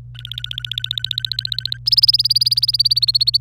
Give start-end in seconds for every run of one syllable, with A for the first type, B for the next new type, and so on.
0.15-1.79 A, 1.86-3.37 B